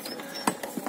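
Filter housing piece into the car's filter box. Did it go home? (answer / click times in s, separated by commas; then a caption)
yes / 0.5 s. A filter housing piece is pushed into the filter box of a Peugeot 307 while the air filter or cabin filter parts are refitted, just after the fit is tight. A sharp, loud snap at 0.5 s marks the piece seating, with fainter plastic clicks around 0.1, 0.6 and 0.9 s. The housing piece is seated in place.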